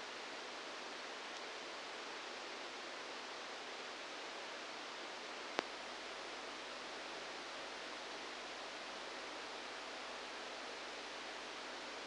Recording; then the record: brain microelectrode recording played as sound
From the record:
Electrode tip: outside the subthalamic nucleus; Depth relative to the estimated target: -4 mm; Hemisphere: left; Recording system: NeuroSet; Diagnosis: Parkinson's disease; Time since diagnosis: 10 years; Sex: male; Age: 63 years